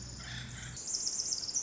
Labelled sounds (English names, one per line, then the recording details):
Pacific Wren
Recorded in Sonoma County, California